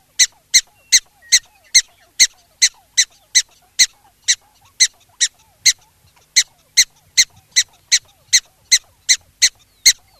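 Black-tailed prairie dog producing repeated piercing chirp-like barks at a brisk, steady pace, with a brief slight slowdown midway.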